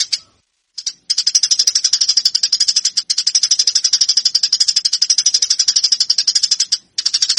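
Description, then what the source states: Eurasian tree sparrow song as a long, almost unbroken run of fast, high chirps, about four a second, with only brief gaps. Fighting-style (tarung) song for training sparrows.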